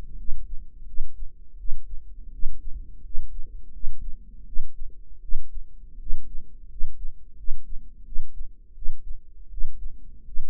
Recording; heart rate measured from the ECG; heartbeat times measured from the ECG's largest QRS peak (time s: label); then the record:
heart sounds by microphone in the right ear; 83 bpm
0.16 s: heartbeat
0.85 s: heartbeat
1.57 s: heartbeat
2.31 s: heartbeat
3.02 s: heartbeat
3.71 s: heartbeat
4.45 s: heartbeat
5.20 s: heartbeat
5.98 s: heartbeat
6.68 s: heartbeat
7.36 s: heartbeat
8.04 s: heartbeat
8.74 s: heartbeat
9.49 s: heartbeat
10.24 s: heartbeat
From the record:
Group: healthy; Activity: rest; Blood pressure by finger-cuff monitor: 145/103 mmHg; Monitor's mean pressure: 115 mmHg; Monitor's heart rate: 84 bpm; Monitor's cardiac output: 7.1 L/min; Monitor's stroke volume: 84 mL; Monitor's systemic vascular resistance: 1220 dyn s/cm5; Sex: male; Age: 23 years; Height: 179 cm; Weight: 87 kg